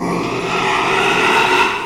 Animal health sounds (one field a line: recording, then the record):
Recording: squeal of a Yucatan mini pig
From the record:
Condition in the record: after surgery on the right vocal fold (resection and tissue-engineered implant)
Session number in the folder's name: 1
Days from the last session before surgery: 6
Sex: male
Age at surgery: 12 weeks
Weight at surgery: 13 kg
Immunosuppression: cyclosporine, prednisolone